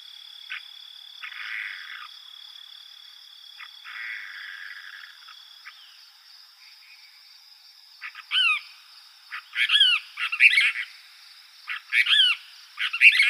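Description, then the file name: Cassin's kingbird: after several seconds of soft rustling noise, a burst of harsh, buzzy chattering calls, repeated in quick clusters over a steady thin whine. Arizona, 13 July 2006. "deviche"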